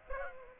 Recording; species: mosquito wingbeat signal from an infrared sensor; Aedes aegypti